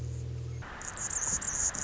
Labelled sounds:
Anna's Hummingbird
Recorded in Sonoma County, California

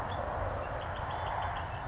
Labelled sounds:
California Towhee
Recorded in Sonoma County, California

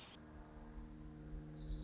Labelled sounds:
Orange-crowned Warbler
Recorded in Sonoma County, California

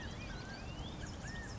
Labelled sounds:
California Quail
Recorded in Sonoma County, California

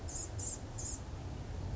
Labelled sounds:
Blue-gray Gnatcatcher
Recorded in Sonoma County, California

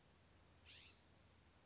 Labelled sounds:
California Scrub-Jay
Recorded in Sonoma County, California

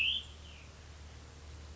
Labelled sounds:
Cassin's Vireo
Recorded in Sonoma County, California

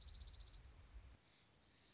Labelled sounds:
Dark-eyed Junco
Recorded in Sonoma County, California

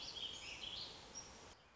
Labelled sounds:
Warbling Vireo
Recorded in Sonoma County, California

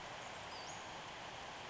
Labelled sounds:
Western Flycatcher
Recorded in Sonoma County, California

